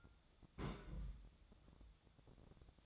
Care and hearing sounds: daily activity, microphone in the room; place on stove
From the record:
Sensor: 3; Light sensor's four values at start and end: 43/109/47/52 and 43/109/47/52

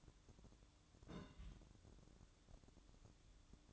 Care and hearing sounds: daily activity, microphone in the room; place on stove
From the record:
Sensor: 3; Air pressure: 1008.0 hPa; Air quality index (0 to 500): 113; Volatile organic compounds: 1 ppm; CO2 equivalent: 942 ppm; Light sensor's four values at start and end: 10/23/9/9 and 10/23/9/9

